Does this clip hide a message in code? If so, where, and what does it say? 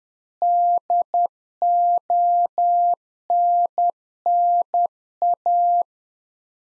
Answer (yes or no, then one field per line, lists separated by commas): yes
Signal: Morse code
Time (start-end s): 0.4-5.8 s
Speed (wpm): 10 wpm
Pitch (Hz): 700 Hz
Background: none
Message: DONNA